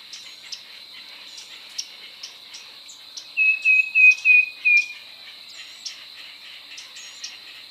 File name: baeolophus bicolor